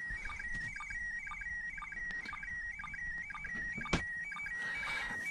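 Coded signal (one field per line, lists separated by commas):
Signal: SSTV (slow-scan television)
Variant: PD120 mode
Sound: warbling tone jumping between two high pitches, with regular short low blips, plus a click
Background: room noise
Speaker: yeah it does it's it's hard to see here but it'll it starts with a lot of white lines here it's it's drawing every line for itself you see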